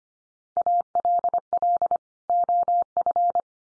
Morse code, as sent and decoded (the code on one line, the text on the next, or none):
.- .-.. .-.. / --- ..-.
ALL OF